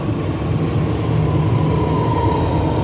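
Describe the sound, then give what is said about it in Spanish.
A subway train rumbles steadily along, a dense low roar with a faint tonal whine rising above it and a constant, unbroken loudness throughout, with no voices. “Bueno, para hablar en profundidad me vine al subte, ahí lo pueden escuchar.”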